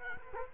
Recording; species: mosquito wingbeat signal from an infrared sensor; Culex quinquefasciatus